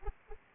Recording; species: mosquito wingbeat signal from an infrared sensor; Anopheles arabiensis